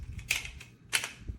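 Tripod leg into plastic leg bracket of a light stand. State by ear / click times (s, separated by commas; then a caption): seated / 0.3 s, 1.0 s. After the nut on the leg collar of an XXZU 210 cm folding, reversible aluminium light-stand tripod with ball head is loosened, the aluminium tripod legs are folded into their plastic leg brackets. Two sharp clicks at 0.3 s and 1.0 s mark the legs snapping into place, with softer ticks between them. The legs are seated.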